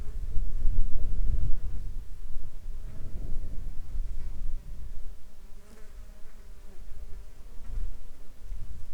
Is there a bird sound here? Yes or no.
no